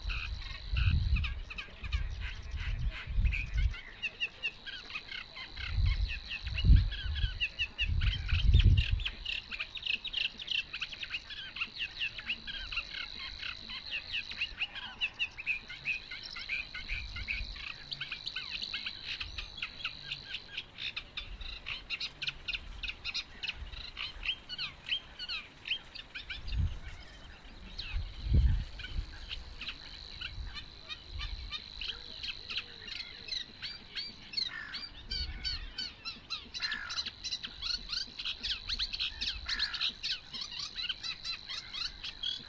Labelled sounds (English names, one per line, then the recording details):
Eurasian Reed Warbler song
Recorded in the wild
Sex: male
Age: adult
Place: Warsow, Kummerower See, Mecklenburg-Vorpommern, DE
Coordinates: 53.8364, 12.8372
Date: 2012-05-24 05:56
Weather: 8°C, sunny, weak winds from NE
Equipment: Sound Devices 702, Sennheiser MKH 70, Rycote Windschutz
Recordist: Frommolt, Karl-Heinz